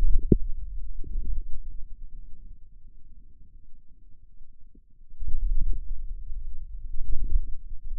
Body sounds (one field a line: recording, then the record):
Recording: forearm muscle sounds (acoustic myography)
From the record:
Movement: hand closing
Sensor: system 2, bracelet of six BSWA MPA416 microphones around the upper forearm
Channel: 3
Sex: male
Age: 22 years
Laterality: right